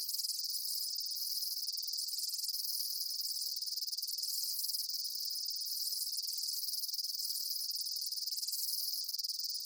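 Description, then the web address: Insects keep up a dense, high-pitched, unbroken chirping chorus. Daytime insect ambience, bugs chirping outdoors. "Blastwave INSECTS Amb Day Insects. ambience insects chirps day bugs"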